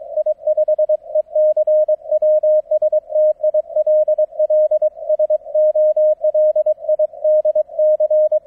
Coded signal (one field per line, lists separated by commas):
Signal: Morse code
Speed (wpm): 23 wpm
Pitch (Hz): 620 Hz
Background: none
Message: I5ECW STILL SOLID C